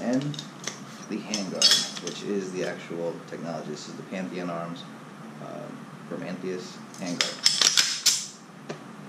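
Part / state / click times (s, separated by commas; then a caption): takedown handguard/barrel assembly onto AR-15 upper receiver / seated / 7.5 s, 7.6 s, 7.7 s, 7.8 s. Someone talks while fitting a takedown handguard and barrel assembly onto an AR-15 upper receiver and turning it until the locking collar engages. Sharp metallic clicks are heard at 7.5, 7.6, 7.7 and 7.8 seconds as the handguard locks solidly in place.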